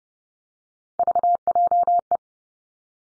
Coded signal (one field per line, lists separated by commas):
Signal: Morse code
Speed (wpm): 30 wpm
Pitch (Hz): 700 Hz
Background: none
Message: VJE